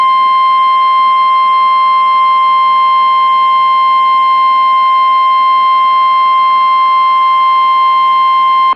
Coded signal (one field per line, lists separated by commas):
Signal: Emergency Alert System (SAME) tones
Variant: 1050 Hz attention tone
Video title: Severe Thunderstorm Warning | EAS #527